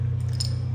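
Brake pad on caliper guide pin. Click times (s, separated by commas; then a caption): 0.4 s. A motorcycle brake pad for a Lander, Ténéré 250 or Crosser is fitted by its small round hole onto the metal guide pin of the caliper over a steady low hum. A faint tick at 0.35 s is followed by a sharp, bright metallic clink at 0.4 s as the pad seats exactly onto the pin.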